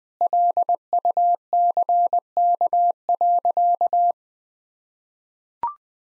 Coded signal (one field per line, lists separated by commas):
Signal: Morse code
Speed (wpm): 20 wpm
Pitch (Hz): 700 Hz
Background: none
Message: LUCK.